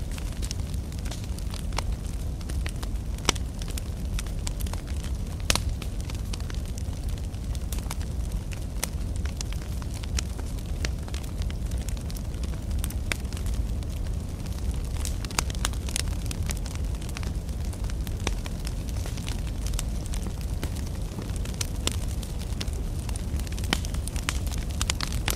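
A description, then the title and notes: A bonfire crackles steadily on a beach, with a deep continuous roar of flames underneath. Sharp pops and snaps break through every second or so, a few louder ones standing out, while the overall level stays even throughout. Beach Bonfire. Crackling bonfire sounds.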